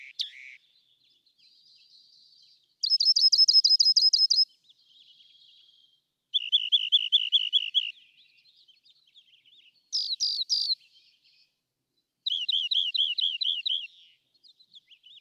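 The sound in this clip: Rock wren singing phrases of quickly repeated trilled notes, each phrase on a different pitch, separated by pauses of a second or two.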